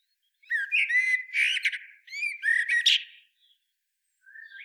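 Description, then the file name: Common blackbird song, two mellow whistled phrases each ending in a scratchy high twitter, separated by a brief gap, with a quiet start of another phrase at the end. "Turdus merula"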